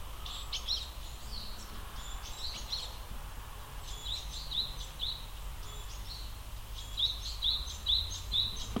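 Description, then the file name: Japanese tit song: high, sharp notes repeated in short bursts with brief pauses between, over a steady low rumbling background noise. Recorded in Akasaka on 2 March 2022. "sijuukara akasaka"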